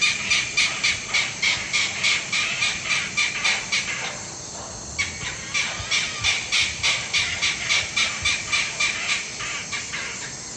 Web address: Natures Songs S America Eastern Lowlands. Daptrius ater, calls